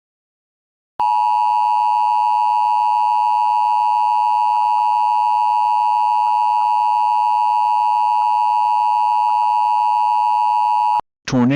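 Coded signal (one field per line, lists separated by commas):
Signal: Emergency Alert System (SAME) tones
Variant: 853 and 960 Hz attention tone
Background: speech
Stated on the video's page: Old fictional EAS scenario; simulated alert.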